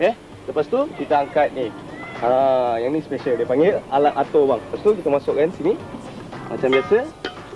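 A gas pressure regulator is lifted and fitted onto an LPG cylinder valve while someone talks throughout. The clip ends just before the regulator goes home, so nothing has seated or clicked yet.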